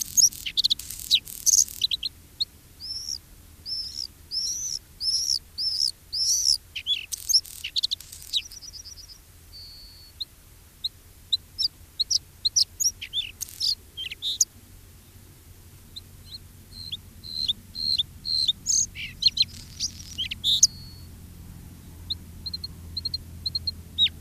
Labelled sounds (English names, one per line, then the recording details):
Bluethroat
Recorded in the wild
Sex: male
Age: diverse
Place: Baiersdorf, Bayern, DE
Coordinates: 49.6647, 11.0231
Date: 1967-06-29
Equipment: Vollspur
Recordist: Tretzel, Erwin